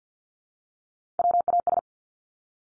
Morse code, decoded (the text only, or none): WAS